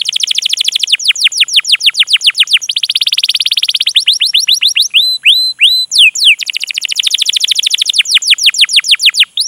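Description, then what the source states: Canary song: continuous fast trills of steeply sweeping notes, switching between tighter buzzy rolls and slower looping whistles, with hardly a pause throughout. Canary song used as a lure to prompt other canaries to sing; long, energetic singing.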